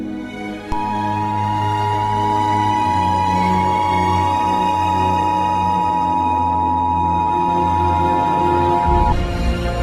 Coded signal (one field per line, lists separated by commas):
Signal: Emergency Alert System (SAME) tones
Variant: 853 and 960 Hz attention tone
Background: music